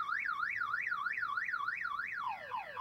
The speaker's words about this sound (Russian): Снаряд угодил точно в цель. Ночную тишину пронзил сумасшедший вой сигнализации.